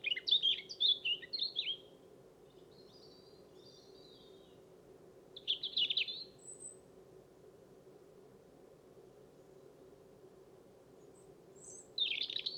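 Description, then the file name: European robin song fragments, short warbling bursts at the start, middle and end with long pauses, faint high notes between, steady low hum underneath. "Erithacus rubecula"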